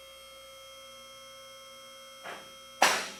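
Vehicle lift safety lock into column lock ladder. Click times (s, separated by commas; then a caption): 2.8 s. A vehicle lift is run to the top for the first time, and its steel safety locks click into the holes of the column lock ladder as it rises. Over a steady hum, a softer click comes at about 2.3 s and a sharp, loud metallic click at 2.8 s. The lock seats, but because the locks are not yet adjusted, they click at different times instead of together.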